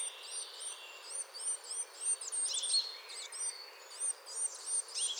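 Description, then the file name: Coal tit calls: high, thin chattering notes strung together in uneven bursts. "MESANGE NOIRE BAVARDE"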